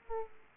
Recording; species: mosquito wingbeat signal from an infrared sensor; Aedes aegypti